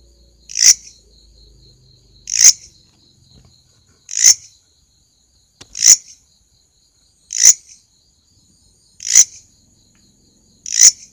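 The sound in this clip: Grasshopper rasps, seven short scratchy bursts roughly every 1.7 seconds, over a quiet continuous high-pitched whine.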